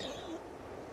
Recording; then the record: coughing mixed with background sound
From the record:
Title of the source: choking, hacking coughing